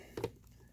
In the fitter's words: clips into place just like that snaps right in